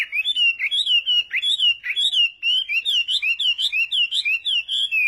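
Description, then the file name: Chinese hwamei song of rich, wavering whistled notes repeated steadily and rapidly without a break, rising and falling in pitch. "Tieng hoa mi hot"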